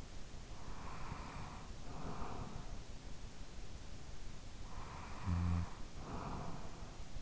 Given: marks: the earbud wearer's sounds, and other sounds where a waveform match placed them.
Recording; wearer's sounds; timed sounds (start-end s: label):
sounds in sleep by an in-ear microphone; breath, snoring breath
0.37-3.11 s: breath
4.31-7.22 s: snoring breath